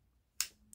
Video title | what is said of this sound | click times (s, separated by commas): UNBOXING 3 CASE XX KNIVES, SODBUSTER, MINI TRAPPER, SLIMLINE TRAPPER, TRADITIONAL, EVERYDAY CARRY, | yeah snaps in place pretty | 0.4 s